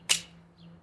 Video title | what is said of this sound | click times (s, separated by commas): Horizon red back Rx and horizon red back. | and if you hear it like that, it snaps into place. | 0.1 s